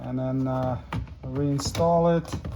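A master window switch bezel is handled next to the plastic door trim panel of a 2011–2020 Toyota Sienna as it is about to be clipped back in. Someone talks over faint tapping and handling sounds. Nothing has seated or clicked yet.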